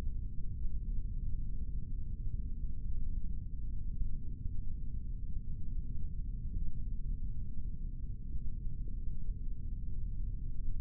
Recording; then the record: forearm muscle sounds (acoustic myography)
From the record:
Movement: rest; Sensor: system 3, bracelet of six PUI Audio POM-2738L microphones around the upper forearm, with dedicated amplification and filtering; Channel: 1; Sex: male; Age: 26 years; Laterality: right